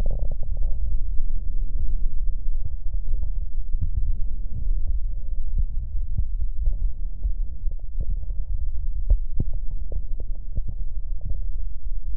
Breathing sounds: lung sounds by stethoscope; left posterior middle chest; normal breath sounds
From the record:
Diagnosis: none (healthy); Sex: male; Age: 18 years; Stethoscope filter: extended mode, 50 to 500 Hz

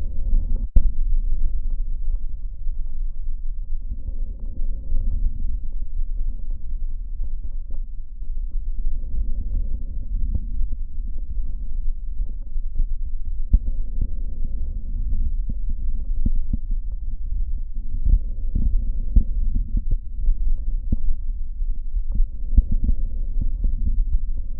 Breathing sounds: lung sounds by stethoscope; right posterior middle chest; normal breath sounds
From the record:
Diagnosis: none (healthy); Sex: male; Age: 74 years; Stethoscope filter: diaphragm mode, 100 to 500 Hz

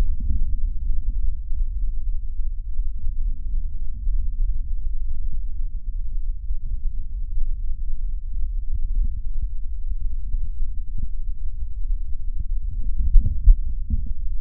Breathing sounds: lung sounds by stethoscope; left posterior upper chest; normal breath sounds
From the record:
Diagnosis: none (healthy); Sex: male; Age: 31 years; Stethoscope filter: bell mode, 20 to 200 Hz

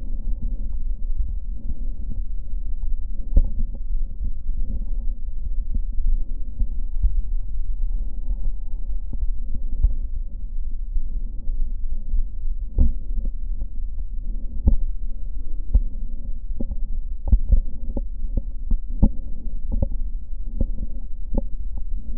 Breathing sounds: lung sounds by stethoscope; left posterior upper chest; normal breath sounds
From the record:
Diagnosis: none (healthy); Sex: female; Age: 73 years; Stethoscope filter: diaphragm mode, 100 to 500 Hz

